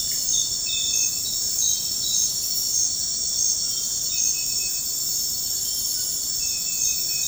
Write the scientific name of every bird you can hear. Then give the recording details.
none. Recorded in dense forest near Puerto Asís, Putumayo, Colombia, on 20 February 2024 at 04:00. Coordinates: 0.472, -76.329. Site G6394